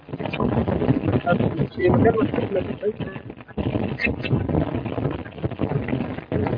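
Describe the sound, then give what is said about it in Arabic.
Steady, rough wind rushes and buffets for several seconds in a dense low roar, with muffled voices mixed into the noise. “ها؟ في هوا”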